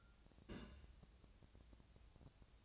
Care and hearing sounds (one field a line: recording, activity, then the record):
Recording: daily activity, microphone in the room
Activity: place on stove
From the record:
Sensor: 2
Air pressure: 999.8 hPa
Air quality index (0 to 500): 123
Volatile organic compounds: 2 ppm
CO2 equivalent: 1058 ppm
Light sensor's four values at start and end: 36/88/39/44 and 36/88/39/44